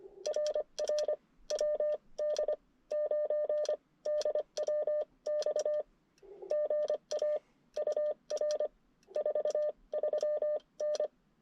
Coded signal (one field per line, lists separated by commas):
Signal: Morse code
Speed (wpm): 23 wpm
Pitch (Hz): 590 Hz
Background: none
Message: RR WD 9 DWX GA UR 43N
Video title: CW Parks On The Air with the IC-705 and Gabil GRA-7350TC at Tracy Creek State Forest